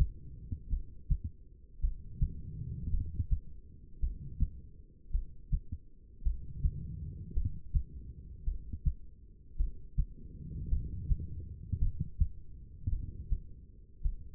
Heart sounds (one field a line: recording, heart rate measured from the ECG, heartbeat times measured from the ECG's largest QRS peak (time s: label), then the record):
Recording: heart sounds by stethoscope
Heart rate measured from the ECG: 54 bpm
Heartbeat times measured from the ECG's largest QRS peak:
0.69 s: heartbeat
1.80 s: heartbeat
2.90 s: heartbeat
3.99 s: heartbeat
5.11 s: heartbeat
6.22 s: heartbeat
7.33 s: heartbeat
8.44 s: heartbeat
9.56 s: heartbeat
10.69 s: heartbeat
11.78 s: heartbeat
12.89 s: heartbeat
14.02 s: heartbeat
From the record:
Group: heart failure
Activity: rest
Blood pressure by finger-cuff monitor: 87/65 mmHg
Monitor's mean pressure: 72 mmHg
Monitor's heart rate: 54 bpm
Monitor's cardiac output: 2.5 L/min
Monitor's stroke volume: 47 mL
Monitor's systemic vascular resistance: 2040 dyn s/cm5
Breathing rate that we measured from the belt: 15 breaths a minute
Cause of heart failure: non-ischemic cardiomyopathy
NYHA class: 1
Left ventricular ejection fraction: 52%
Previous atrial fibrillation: present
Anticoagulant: apixaban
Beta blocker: bisoprolol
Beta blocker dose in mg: 10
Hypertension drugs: sacubitril-valsartan, spironolactone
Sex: female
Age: 68 years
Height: 169 cm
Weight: 71 kg